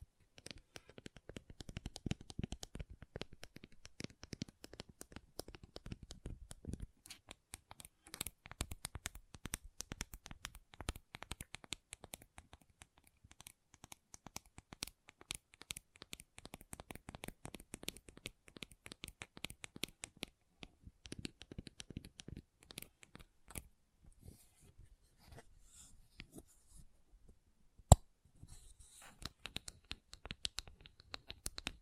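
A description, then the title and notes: Gentle tapping, dense quick taps with brief pauses, softer after twenty seconds, and one sharp louder knock near twenty-eight seconds. ASMR Gentle Tapping You Will Fall Asleep To (No Talking).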